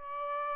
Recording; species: mosquito wingbeat signal from an infrared sensor; Aedes albopictus